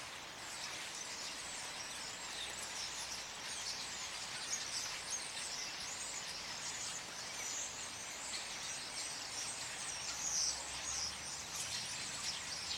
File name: birds at night in trees in Hilversum in snow